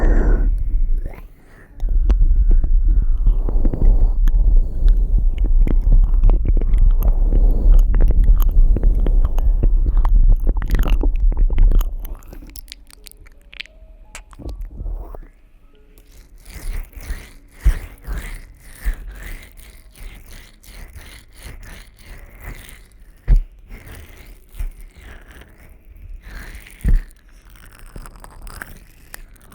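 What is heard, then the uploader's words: Ear eating sounds: for the first twelve seconds, loud, muffled rumbling and crackling fill the low end, dense and continuous. After that it drops much quieter, with soft wet clicks, taps and mouthy smacks scattered across the rest, a few sharper pops near 17, 23 and 27 seconds. ASMR Relaxing Ear Eating.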